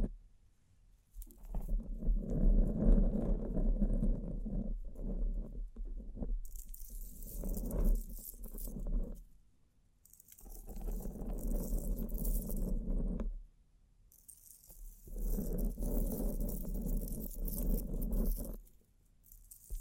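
Bling bling triggers: dense, pattering rattles come in long bursts of a few seconds each, roughly at 1–9, 10–13 and 15–19 seconds. Between bursts the rattling drops away, leaving a thin high hiss, while a steady low hum runs underneath throughout.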